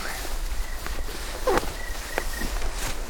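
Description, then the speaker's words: Eurasian teal calls: short, clear whistled notes repeated irregularly, faint against steady background noise with some rustling. Heard on a river with many wild ducks. "C'est des sarcelles, parce qu'il y a beaucoup de canards sauvages là, sur cette rivière. Vous entendez là ? C'est la sarcelle d'hiver."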